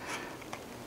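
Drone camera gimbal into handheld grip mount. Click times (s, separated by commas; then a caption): 0.5 s. The camera and gimbal unit of a Yuneec Q500+ 4K drone is slid onto the front mount of a SteadyGrip handheld stabilizer grip. After a soft sliding rub and a faint tick at 0.4 s, a sharp snap at 0.5 s marks the unit seating firmly in place.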